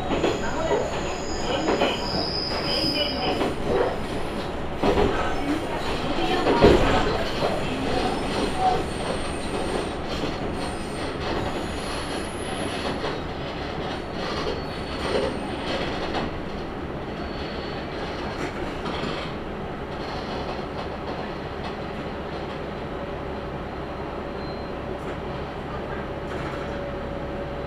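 Inside a local train car running steadily, a low rumble of wheels and motor fills the space at an even level. High wheel squeals and whistling tones come and go in the first half, with a sharp knock near seven seconds, then the ride settles smoother.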